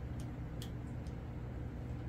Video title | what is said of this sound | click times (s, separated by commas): FMS 2300mm Fox V2 Assembly And Radio Setup by Fat Guy Flies RC | just let that ball link pop into place now look at that | 0.6 s